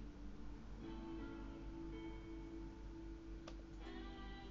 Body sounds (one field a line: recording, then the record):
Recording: background sound without coughing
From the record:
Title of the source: BackgroundMusic3